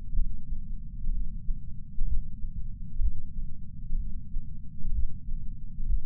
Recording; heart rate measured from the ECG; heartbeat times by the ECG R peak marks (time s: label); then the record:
heart sounds by patch sensor on the chest; 63 bpm
1.10 s: heartbeat
2.04 s: heartbeat
2.98 s: heartbeat
3.96 s: heartbeat
4.91 s: heartbeat
5.85 s: heartbeat
From the record:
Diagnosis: coronary artery disease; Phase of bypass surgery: postoperative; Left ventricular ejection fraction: 68.2%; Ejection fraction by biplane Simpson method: 62.7%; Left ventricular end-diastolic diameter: 48 mm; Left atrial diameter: 40 mm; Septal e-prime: 8.6 cm/s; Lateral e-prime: 10.2 cm/s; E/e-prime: 10.9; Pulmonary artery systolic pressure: 38 mmHg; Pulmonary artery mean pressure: 18 mmHg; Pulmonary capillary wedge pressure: 11 mmHg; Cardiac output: 6.45 L/min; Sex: male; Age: 57 years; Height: 175 cm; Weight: 80 kg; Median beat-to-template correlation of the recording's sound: 0.76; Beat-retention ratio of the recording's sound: 0.99